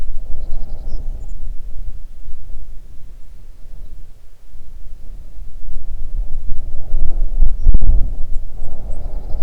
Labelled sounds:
bird, wind

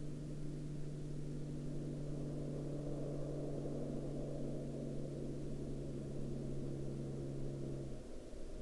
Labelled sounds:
aircraft

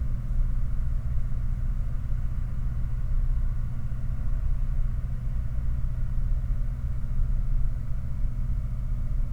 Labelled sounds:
machinery, aircraft

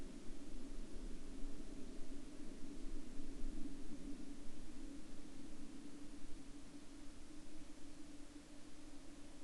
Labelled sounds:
aircraft

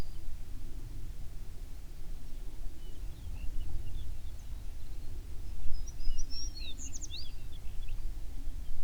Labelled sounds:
songbird

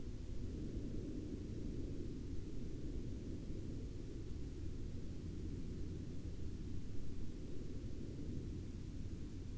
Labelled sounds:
aircraft

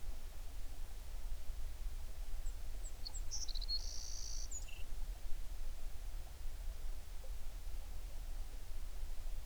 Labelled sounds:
songbird

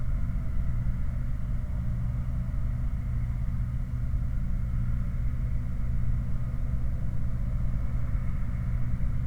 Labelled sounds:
machinery, flare stack

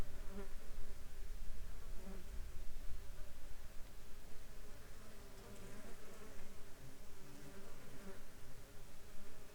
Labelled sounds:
insects

